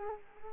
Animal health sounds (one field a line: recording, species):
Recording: mosquito wingbeat signal from an infrared sensor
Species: Culex quinquefasciatus